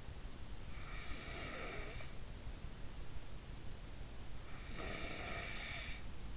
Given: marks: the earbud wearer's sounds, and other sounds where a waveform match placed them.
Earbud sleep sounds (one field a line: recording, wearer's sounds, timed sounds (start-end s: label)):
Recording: sounds in sleep by an in-ear microphone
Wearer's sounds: breath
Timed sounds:
0.37-2.72 s: breath
4.03-6.37 s: breath